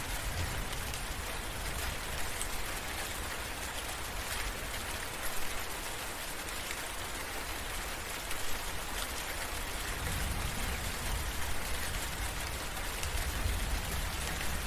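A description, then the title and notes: Gentle rain falls steadily throughout, a dense, even hiss of drops pattering on a surface, brightest in the upper range. A low, soft rumble sits underneath the whole time, swelling slightly after the tenth second, with no sharp events breaking the constant patter. Soothing Sounds of Gentle Rain and Calm Thunder.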